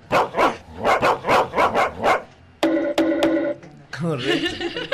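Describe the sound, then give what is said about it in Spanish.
A dog barks rapidly about eight times in a steady, insistent rhythm, then the barking gives way to sustained, higher-pitched whining and yelping sounds. “Agarre el perro. Póngale bozal.”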